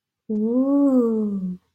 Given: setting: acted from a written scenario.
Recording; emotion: vocal sound without words; interest